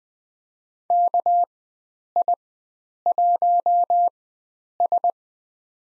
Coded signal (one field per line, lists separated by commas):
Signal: Morse code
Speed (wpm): 20 wpm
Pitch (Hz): 700 Hz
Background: none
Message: KI1S